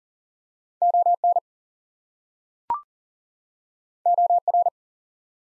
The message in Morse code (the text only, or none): ON OR